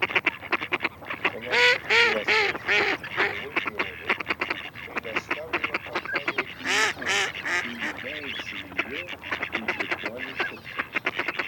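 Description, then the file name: Mallard quacks: loud, nasal, harmonic-rich calls in rapid runs, with brief lulls between bursts. Mallard calls played back from an electronic decoy device used to attract ducks. "Кряква Germano"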